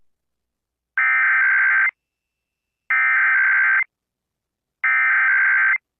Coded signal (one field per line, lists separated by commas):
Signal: Emergency Alert System (SAME) tones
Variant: header bursts